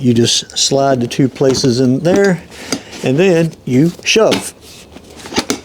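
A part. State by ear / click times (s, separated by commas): seated / 5.5 s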